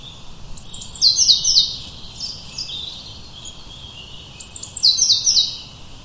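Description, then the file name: Eurasian blue tit singing high, thin introductory notes leading into a short, quick trill, two phrases about four seconds apart over faint low noise. "Cyanistes caeruleus"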